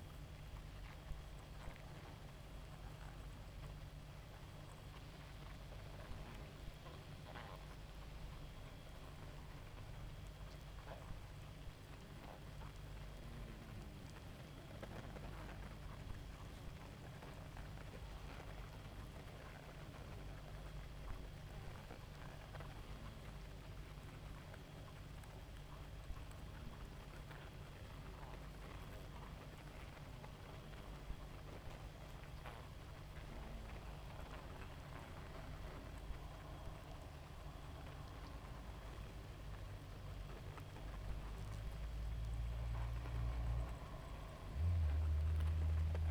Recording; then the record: honeybee colony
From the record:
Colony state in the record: active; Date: 28 July 2017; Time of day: 0:14